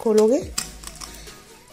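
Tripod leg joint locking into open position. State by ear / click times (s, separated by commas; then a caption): seated / 0.9 s, 1.0 s. A plastic and aluminium mobile tripod is opened out in a particular way, and its leg joint locks into the open position. Someone talks at the start, then two sharp short clicks are heard at 0.9 s and 1.0 s as the leg locks open.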